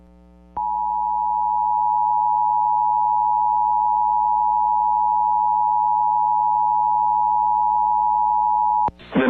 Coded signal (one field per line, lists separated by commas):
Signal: Emergency Alert System (SAME) tones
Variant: 853 and 960 Hz attention tone